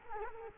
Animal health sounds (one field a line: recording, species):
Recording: mosquito wingbeat signal from an infrared sensor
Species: Culex quinquefasciatus